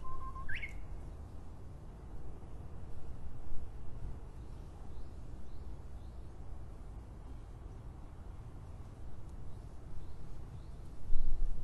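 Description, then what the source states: Japanese bush warbler song: a steady whistled note sliding into a quick rising, twisting flourish, followed by faint chirps over low rumbling background noise. Recorded in 2012.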